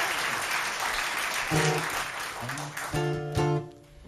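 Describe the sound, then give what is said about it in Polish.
An audience applauds the performers once more at the host's request, with dense, continuous clapping, joined by cheers and whoops that rise over the clapping in the second half before it starts to fade. “Moje wiedźmy ukochane, jeszcze raz proszę, zróbcie dla nich trochę hałasu.”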